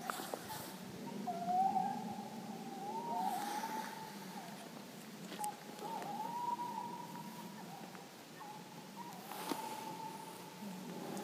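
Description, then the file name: Owl hooting: drawn-out, wavering tonal notes, each lasting a second or more, repeated with short gaps. "Sovy"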